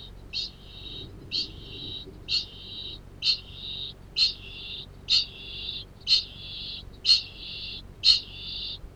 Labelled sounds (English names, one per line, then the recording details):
Kākāpō ching call
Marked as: faintness 3/5, faintness 1/5
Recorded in New Zealand
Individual Arab